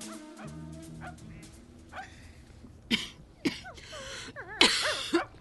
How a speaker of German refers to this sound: Die Frau hustete und sah beinahe so krank aus wie ihr Hund, der schlaff auf dem Boden lag, wie ein altes, schmutziges Laken.